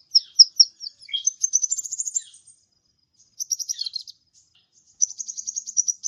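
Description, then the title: Birds chirp and trill in high, rapid bursts, a fluttering run of notes first, then a short busy phrase and a steady buzzy trill closing out. "Burung Campur4"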